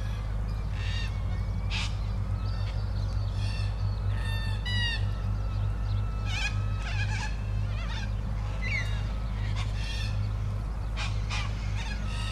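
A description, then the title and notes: Ravens call again and again across the twelve seconds, harsh croaks and rasping caws, some loud, often overlapping. Beneath them runs a steady low hum, like traffic or machinery, that never lets up. Ravens haunting a cemetery just after dawn. This is a composition made with sounds that I recorded during my brief trip in the Australian outback in early May this year with my father. All sounds were recorded with the internal mics of my little handheld.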